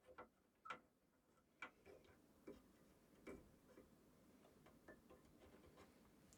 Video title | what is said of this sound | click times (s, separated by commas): Gammaxx 400 AMD Install on 5600X & Prepping Your MB | same thing push down hear it click | 0.7 s, 1.6 s